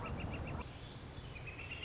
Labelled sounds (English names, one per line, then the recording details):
Northern Flicker
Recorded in Sonoma County, California